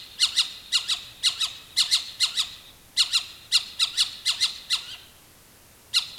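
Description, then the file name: Animal alarm call: grating squawks delivered in quick doublets and triplets, a steady run that stops briefly before one more burst at the end. "SLA alarm"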